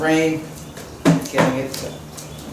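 A waxed plastic foundation sheet is handled while being set into the groove of a wooden beehive frame as someone talks. Brief handling noises sit under the voice, and nothing has seated or clicked yet.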